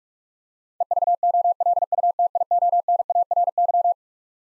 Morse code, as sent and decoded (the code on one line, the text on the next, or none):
. ...- --- .-.. ..- - .. --- -. .- .-. -.--
EVOLUTIONARY